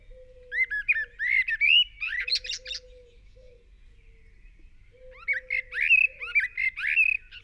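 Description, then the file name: Eurasian blackbird song: two mellow, warbling whistled phrases ending in high squeaky twitters, separated by a pause of about two seconds, over a faint low hum. "Turdus merula"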